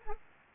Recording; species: mosquito wingbeat signal from an infrared sensor; Anopheles gambiae